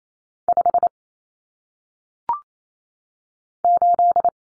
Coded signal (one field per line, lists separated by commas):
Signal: Morse code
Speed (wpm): 28 wpm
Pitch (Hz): 700 Hz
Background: none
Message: 5 8